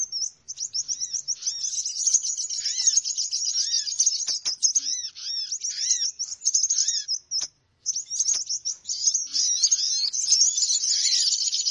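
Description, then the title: Birds in a busy high-pitched chorus, continuous chirping and trilling with one brief gap and many overlapping curved calls. Lure call to attract birds; many noisy birds said to gather quickly. "Baru Diputar Dah Banyak Merapat! Suara Pikat Burung Ribut"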